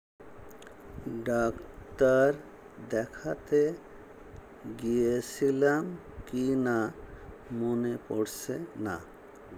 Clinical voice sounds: elicited speech; Bengali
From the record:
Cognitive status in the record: dementia

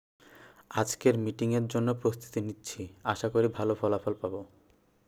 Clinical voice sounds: elicited speech; Bengali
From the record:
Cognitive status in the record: cognitively healthy

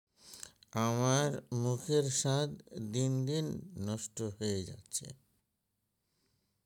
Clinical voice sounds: elicited speech; Bengali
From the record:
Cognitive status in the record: dementia

